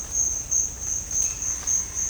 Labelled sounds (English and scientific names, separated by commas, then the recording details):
none
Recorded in dense forest near Puerto Asís, Putumayo, Colombia, on 21 December 2024 at 09:00
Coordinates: 0.481, -76.323
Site G100